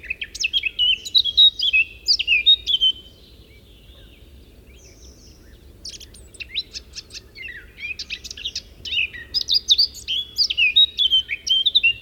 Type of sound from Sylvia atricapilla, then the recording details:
song. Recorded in the wild. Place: Ventschow, Mecklenburg-Vorpommern, DE. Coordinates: 53.786, 11.576. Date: 1972-06-14. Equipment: Nagra III BH, Sennheiser MD 21, parabola. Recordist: Schubert, Michael